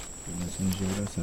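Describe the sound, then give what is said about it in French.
Howler monkeys give deep, throaty roaring calls in a few rolling bursts, low and droning, over a thin steady high-pitched whine in the background. “Qu'on vient d'entendre? Des singes l'or.”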